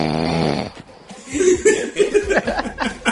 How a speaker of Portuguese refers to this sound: Não, minha mulher, essa semana, acho que foi noite passada, noite retrasada, ela conseguiu gravar no celular eu roncando, cara.